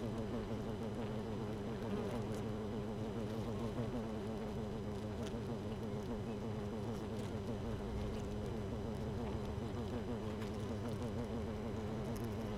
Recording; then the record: honeybee colony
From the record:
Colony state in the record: missing queen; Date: 31 May 2018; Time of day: 7:20